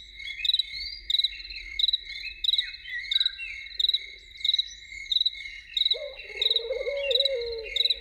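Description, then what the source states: Loon giving a wavering tremolo call in the last two seconds, under a dense chorus of crickets chirping in steady high-pitched pulses. Evening.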